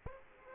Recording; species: mosquito wingbeat signal from an infrared sensor; Aedes aegypti